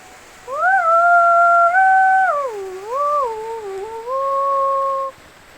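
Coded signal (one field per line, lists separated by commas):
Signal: whistled language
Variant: Kongthong jingrwai iawbei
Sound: a woman's hummed melody, long held notes with slides, about four phrases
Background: quiet outdoor background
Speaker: Now she will sing for her daughter. Okay. There's only one daughter.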